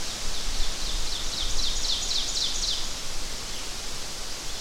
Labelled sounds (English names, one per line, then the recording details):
Ovenbird song
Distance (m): 40 m
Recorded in boreal forest in Alberta, Canada, on 12 June 2016 at 06:03
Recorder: SongMeter 3, array SBT-3-18
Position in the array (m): 229 m, 90 m
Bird 31